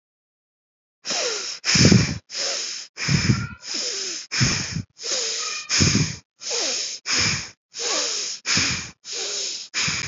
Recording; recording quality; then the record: shallow breathing; excellent, no background noise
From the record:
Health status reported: healthy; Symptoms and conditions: none ticked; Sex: female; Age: 38 years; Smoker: not ticked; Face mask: not worn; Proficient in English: yes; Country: India